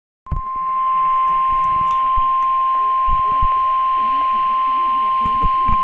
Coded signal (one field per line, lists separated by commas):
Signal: Emergency Alert System (SAME) tones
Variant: 1050 Hz attention tone